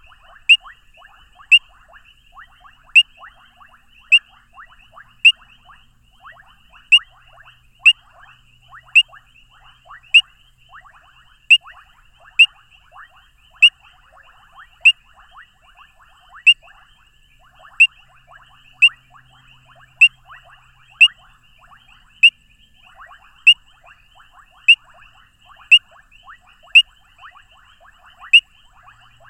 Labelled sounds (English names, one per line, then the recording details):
Painted Reed Frog call
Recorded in the wild
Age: adult
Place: Hoedspruit, Marepe Lodge, ZA
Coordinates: -24.45, 30.84
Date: 1995-02-13 20:11
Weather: 28°C
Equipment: Sony TCD-D3, Sennheiser ME 80, K 30 AV
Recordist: Fischer, Werner